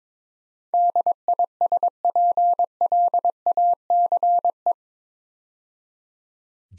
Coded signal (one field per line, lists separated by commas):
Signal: Morse code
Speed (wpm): 22 wpm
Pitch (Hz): 700 Hz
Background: none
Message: DISPLACE